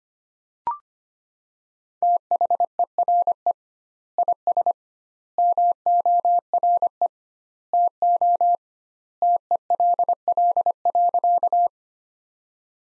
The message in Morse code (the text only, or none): THERE IS MORE TO TELL.